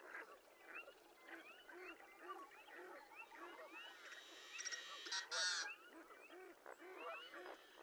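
Yellow-headed blackbird song, a harsh, buzzy screech rising out of a dense, chattering chorus of many clucking and whistling blackbirds.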